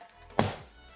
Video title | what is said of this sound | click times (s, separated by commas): X-LITE X803 RS Ultra Carbon vs SHOEI NXR - Vergleich - Review | hört man wenn man das Visier schließt auf der letzten Stufe noch mal einen richtigen einraster | 0.4 s